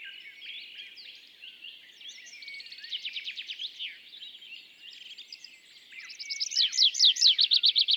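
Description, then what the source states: Tree pipit song with a quieter rapid trill of repeated notes in the middle, then a loud burst of fast notes near the end. Display song of a bird recently back from migration, singing from an isolated tree by a meadow and in parachuting flights; La Sarcena, Val Drôme, France, 27 April 2020; Nagra Seven, MKH40.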